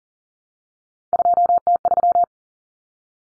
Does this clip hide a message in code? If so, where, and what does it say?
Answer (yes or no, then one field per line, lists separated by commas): yes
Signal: Morse code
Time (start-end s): 1.1-2.2 s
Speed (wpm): 40 wpm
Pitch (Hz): 700 Hz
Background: none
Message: 2T3